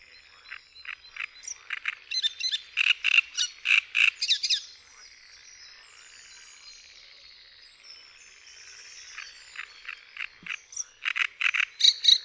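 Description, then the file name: Great reed warbler song: harsh, croaking notes repeated in fast chattering runs, a quiet pause with faint higher notes in the middle, then another grating burst. "TRZCINIAK"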